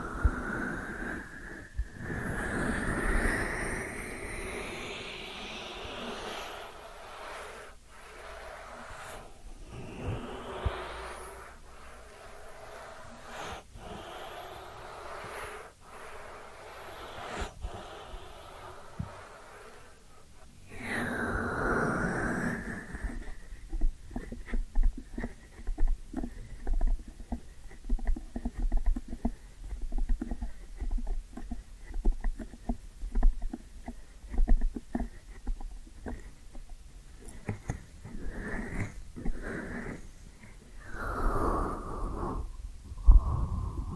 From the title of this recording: Ear Cleaning Triggers